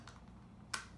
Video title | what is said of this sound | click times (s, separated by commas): F&P Vitera Full Face Mask Demonstration | one at a time you pull these clips around find your your attachment here and just snap them back so they lock into place | 0.7 s